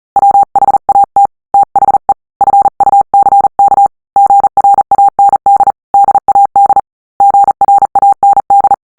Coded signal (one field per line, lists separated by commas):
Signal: Morse code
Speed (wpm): 38 wpm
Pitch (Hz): 800 Hz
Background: none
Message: WHAT THE FUCK GRAND DAD GRAND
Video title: Morse Code - Heartbreak Land